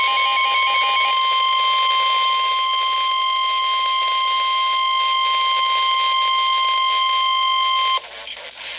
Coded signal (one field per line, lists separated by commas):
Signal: Emergency Alert System (SAME) tones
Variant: 1050 Hz attention tone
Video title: Real EAS #332 - Severe Thunderstorm Warning